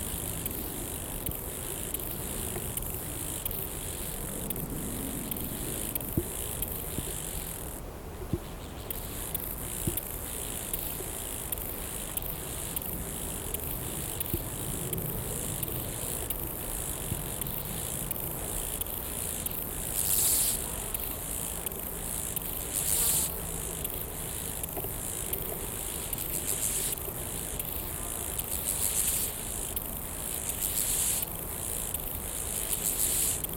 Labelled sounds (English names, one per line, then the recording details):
Lesser Marsh Grasshopper stridulation
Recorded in the wild
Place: Eutin, Holsteinische Schweiz, Schleswig-Holstein, DE
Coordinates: 54.132, 10.614
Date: 1992-09-15 12:15
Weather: wolkig-heiter, windig, 17°C
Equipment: Marantz CP 430, Sennheiser ME 80, Kopie Tesla B 116
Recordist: Tembrock, Günter